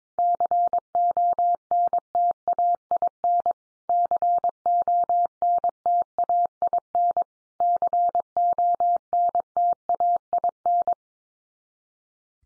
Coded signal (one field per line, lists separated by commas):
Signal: Morse code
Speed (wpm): 22 wpm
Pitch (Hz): 700 Hz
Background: none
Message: CONTAIN CONTAIN CONTAIN